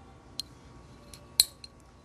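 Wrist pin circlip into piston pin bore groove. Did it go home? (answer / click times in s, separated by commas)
yes / 1.4 s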